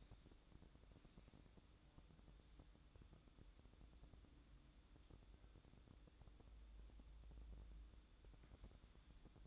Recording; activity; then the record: daily activity, microphone in the room; make coffee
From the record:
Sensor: 3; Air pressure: 1007.3 hPa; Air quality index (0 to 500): 54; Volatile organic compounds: 1 ppm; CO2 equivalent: 590 ppm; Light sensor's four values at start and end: 7/17/7/7 and 7/17/7/7